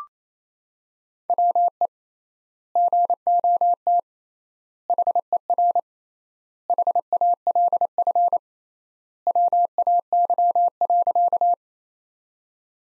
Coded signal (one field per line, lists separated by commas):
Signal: Morse code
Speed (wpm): 27 wpm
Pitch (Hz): 700 Hz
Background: none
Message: WE GOT HER HALF WAY.